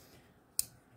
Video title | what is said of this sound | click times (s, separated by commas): Want a Unique OTF Experience? Watch This Kershaw Kapsule Review Now | and it's a positive click on this end | 0.6 s